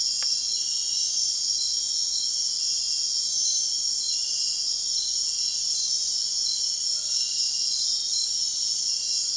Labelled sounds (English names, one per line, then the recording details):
none
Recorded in dense forest near Puerto Asís, Putumayo, Colombia, on 4 March 2025 at 03:30
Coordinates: 0.499, -76.324
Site GP03